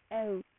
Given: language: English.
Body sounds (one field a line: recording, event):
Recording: throat vibration sensor signal played as sound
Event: speech